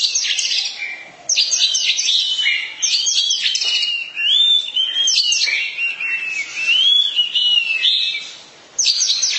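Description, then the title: Oriental magpie-robin song of varied notes and smooth, sliding whistles, continuing for several seconds. Long-duration song. "Kacer"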